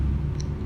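The plastic back cover of an Oppo A7 smartphone is pressed back onto the phone frame, and a single sharp click is heard at 0.4 s over a steady low hum. The clip engages and the cover is seated.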